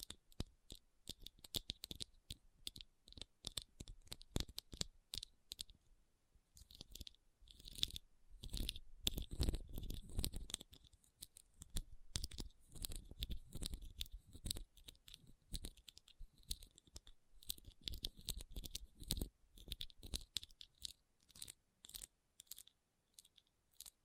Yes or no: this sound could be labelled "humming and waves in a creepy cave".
no